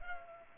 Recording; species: mosquito wingbeat signal from an infrared sensor; Culex pipiens